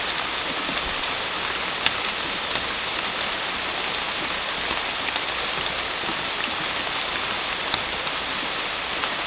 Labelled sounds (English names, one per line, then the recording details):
none
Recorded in dense forest near Puerto Asís, Putumayo, Colombia, on 18 December 2024 at 23:30
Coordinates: 0.484, -76.325
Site G056